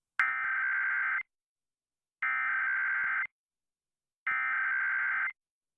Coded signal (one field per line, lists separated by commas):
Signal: Emergency Alert System (SAME) tones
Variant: header bursts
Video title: Perfectly Timed EAS Test on WXYT-FM (8/11/21)